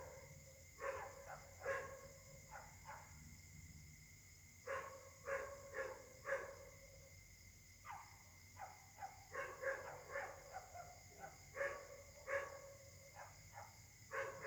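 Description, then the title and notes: Dog: many barks in irregular clusters, some quick doubles and triples, continuing throughout above a steady high hum. Dogs barking together at night in Caltex, Trois-Mares, Réunion; recorded on a Samsung Galaxy S8 smartphone whose left microphone tends to be clogged. "Caltex, 3 mares, Réunion. La nuit s'annonce difficile pour les habitants: concert de chiens"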